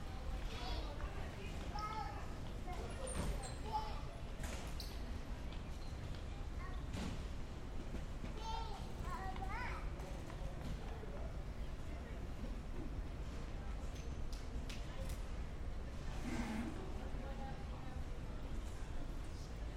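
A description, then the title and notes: Airport terminal ambience at LAX in Los Angeles, with a steady murmur of many overlapping voices and a constant low rumble underneath. Scattered clicks, knocks and footsteps break through now and then, with a louder voice standing out around the ninth second. Airport ambience, Los Angeles. Sounds from inside the terminals at the major Los Angeles LAX airport. Recorded by Marcel Gnauk.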